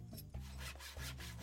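A hand saw rasps back and forth in a steady rhythm of rough, scratchy strokes, about four or five passes, over a low humming tone.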